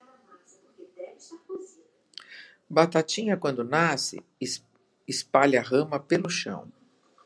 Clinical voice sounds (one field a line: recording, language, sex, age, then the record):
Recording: short text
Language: Brazilian Portuguese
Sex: female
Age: 60 to 69 years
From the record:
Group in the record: control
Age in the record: 66 years